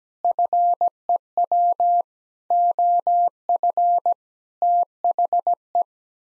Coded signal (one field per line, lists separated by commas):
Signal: Morse code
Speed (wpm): 17 wpm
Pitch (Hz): 700 Hz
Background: none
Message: FEW OF THE